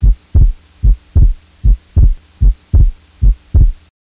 Fixed split S2 the S2 sound is equally widely split during both expiration and inspiration.